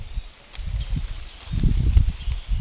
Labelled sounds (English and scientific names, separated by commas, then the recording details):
none
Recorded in forest near Pivijay, Magdalena, Colombia, on 18 April 2023 at 06:30
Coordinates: 10.467, -74.380
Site Z5-G034